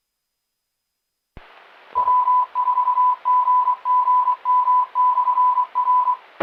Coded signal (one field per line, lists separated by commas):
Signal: Morse code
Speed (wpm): 24 wpm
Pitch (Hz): 1000 Hz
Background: radio noise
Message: W4GGM/R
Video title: 3-26-21 Maury Amateur Radio Club "Newbie Net" Live Stream